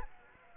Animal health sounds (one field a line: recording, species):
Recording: mosquito wingbeat signal from an infrared sensor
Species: Anopheles arabiensis